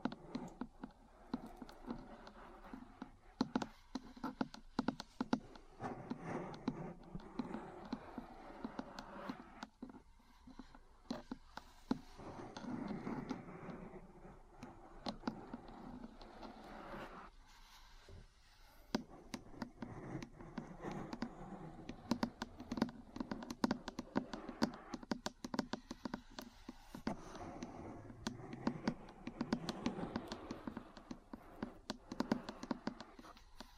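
Small metal parts tap and scratch continuously for the whole stretch, with dense, irregular clicks and rattles over a low scraping rustle.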